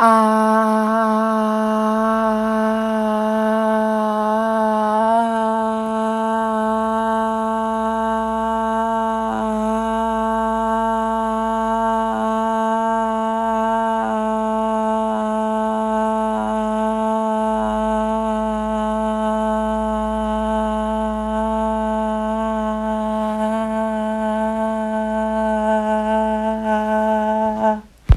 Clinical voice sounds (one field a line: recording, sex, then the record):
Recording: sustained vowel /a/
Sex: female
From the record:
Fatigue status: fatigue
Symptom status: symptomatic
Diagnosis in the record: COVID-19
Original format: m4a